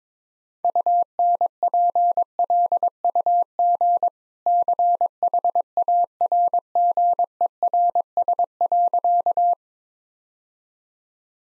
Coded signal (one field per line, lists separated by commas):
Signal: Morse code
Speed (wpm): 22 wpm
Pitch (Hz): 700 Hz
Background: none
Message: UNPLUG CHARGERS.